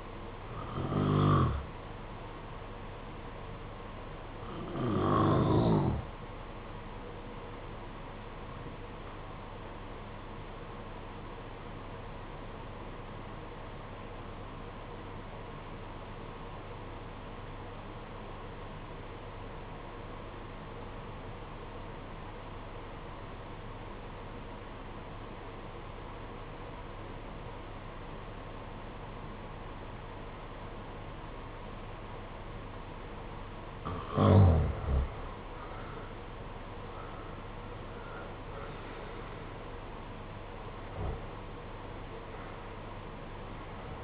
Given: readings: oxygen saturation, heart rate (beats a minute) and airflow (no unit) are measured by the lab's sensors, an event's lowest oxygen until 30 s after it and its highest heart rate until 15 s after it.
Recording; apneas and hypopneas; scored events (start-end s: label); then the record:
breathing in sleep by a voice recorder at the bedside; 1
11.00-44.04 s: new sleep stage, REM sleep
12.00-36.30 s: obstructive apnea (REM, oxygen 94% highest, then 78% lowest, heart rate 57 at the start, 76 highest)
From the record:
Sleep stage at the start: N1 (lightest sleep); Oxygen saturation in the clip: 81 to 94%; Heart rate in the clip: 54 to 76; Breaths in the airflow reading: 6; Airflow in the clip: -15.1 to 13.8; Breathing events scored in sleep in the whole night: 476 in 9.7 hours asleep